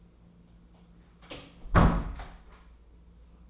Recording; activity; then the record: daily activity, microphone in the room; close door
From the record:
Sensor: 1